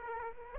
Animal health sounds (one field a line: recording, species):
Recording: mosquito wingbeat signal from an infrared sensor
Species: Aedes aegypti